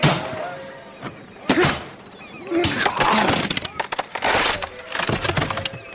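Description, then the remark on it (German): Wood creaks, cracks and splinters as a wooden cargo crate is levered open with a crowbar, a series of sharp breaking snaps and thunks over several seconds, with some voices murmuring underneath. “Geben Sie das Stemmeisen her.”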